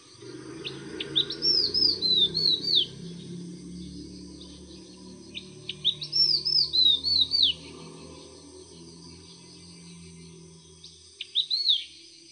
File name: 粉紅鸚嘴